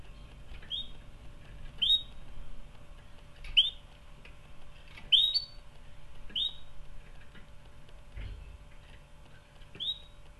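Canary call notes: short, bright upslurred whistles given singly about every one to two seconds, with scattered soft clicks and taps in between.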